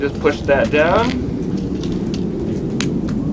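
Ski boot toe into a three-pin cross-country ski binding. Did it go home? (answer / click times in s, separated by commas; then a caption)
yes / 2.8 s. A boot toe with three holes is set over the three pins of a cross-country ski binding, and the bail clamp is pushed down over the boot sole while someone talks. The bail snaps shut with a sharp click at 2.8 s over steady background noise, seating the boot in the binding.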